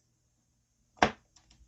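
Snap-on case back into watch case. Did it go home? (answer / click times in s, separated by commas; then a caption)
partly / 1.0 s. A snap-on steel case back on a Seiko watch case is pressed down with a book, with the watch resting on a cushioned towel. A single sharp snap is heard at 1.0 s, followed by a few faint small ticks. The back snaps on at the front, but the rear stays raised, so it is only partly seated.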